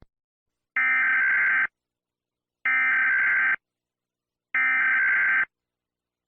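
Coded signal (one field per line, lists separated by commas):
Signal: Emergency Alert System (SAME) tones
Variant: header bursts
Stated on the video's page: Fictional EAS scenario, not a real alert, though it uses valid EAS tones.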